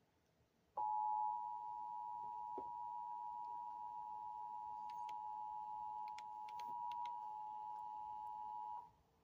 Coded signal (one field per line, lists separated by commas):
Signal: Emergency Alert System (SAME) tones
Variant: 853 and 960 Hz attention tone